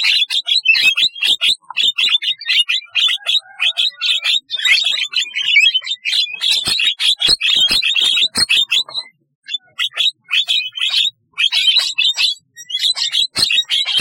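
Starling song: long runs of busy, scratchy chattering with clicks and squeaks, pausing briefly near nine seconds before continuing in choppy bursts.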